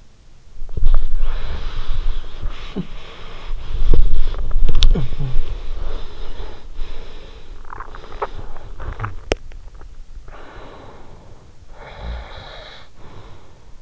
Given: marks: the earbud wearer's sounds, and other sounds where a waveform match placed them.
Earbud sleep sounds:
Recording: sounds in sleep by an in-ear microphone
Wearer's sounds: swallowing, body movement, talking in sleep, breath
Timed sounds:
0.00-1.30 s: swallowing
0.32-9.53 s: body movement
3.74-5.32 s: talking in sleep
7.58-9.87 s: swallowing
9.87-13.82 s: breath

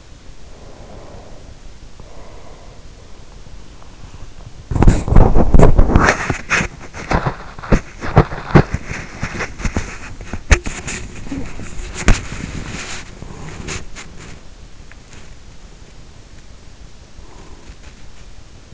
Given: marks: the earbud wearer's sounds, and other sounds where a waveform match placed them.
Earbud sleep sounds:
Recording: sounds in sleep by an in-ear microphone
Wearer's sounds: breath, body movement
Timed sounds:
0.28-3.01 s: breath
4.57-18.74 s: body movement

